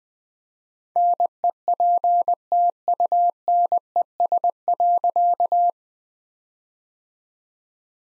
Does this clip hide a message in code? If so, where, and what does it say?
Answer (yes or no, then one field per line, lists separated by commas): yes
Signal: Morse code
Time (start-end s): 1.0-5.7 s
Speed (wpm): 20 wpm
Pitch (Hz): 700 Hz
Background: none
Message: NEPTUNES.